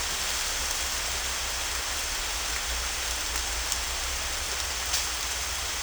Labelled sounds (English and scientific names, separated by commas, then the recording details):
none
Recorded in dense forest near Puerto Asís, Putumayo, Colombia, on 26 December 2024 at 11:30
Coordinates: 0.484, -76.325
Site G056